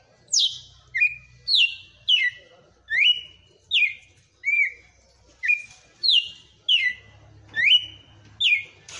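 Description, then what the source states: Red-cowled cardinal song: a steady run of many sharp whistled notes, most sliding down from high to mid pitch, with a faint low hum. Female bird.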